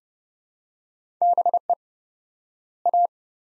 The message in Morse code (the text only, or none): BE A